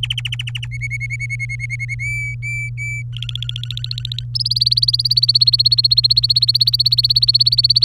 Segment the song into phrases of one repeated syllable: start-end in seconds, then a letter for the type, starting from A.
0.00-0.66 A, 0.71-1.95 B, 1.99-3.02 C, 3.13-4.24 D, 4.34-7.84 E